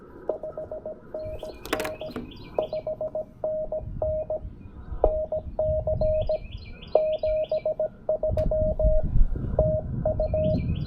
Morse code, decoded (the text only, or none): 5NN 5NN NC 73 TU